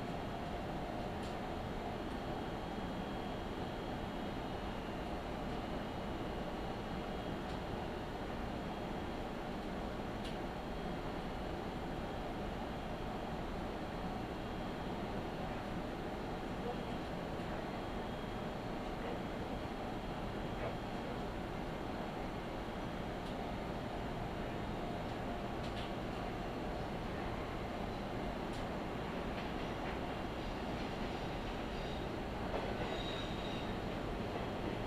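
A ride aboard a local train, recorded from inside the car. A steady, dense rumble of wheels and motor fills the whole stretch, with a faint whine and occasional light rail clicks; near the end a brief brighter tone rises above it.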